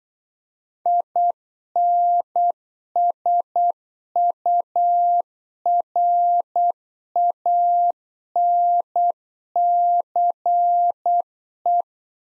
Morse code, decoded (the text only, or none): INSURANCE